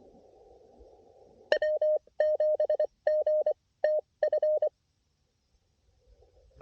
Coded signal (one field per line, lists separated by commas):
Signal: Morse code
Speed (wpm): 25 wpm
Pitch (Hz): 610 Hz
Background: none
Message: W7GTF